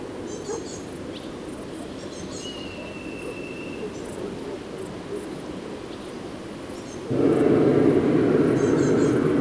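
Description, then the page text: Black kite call: one drawn-out, fairly level high whistle lasting over a second, over a steady low rumble, before a sudden loud roaring burst near the end. Family of black kites in southern Leipzig, Germany, recorded 23 July 2008, with a hot-air balloon present. "Milvus migrans – Patrick Franke. a family of Black Kites Milvus migrans in Leipzig´s south. 080723, Black Kite Milvus migrans, hot-air balloon, Leipzig, Germany"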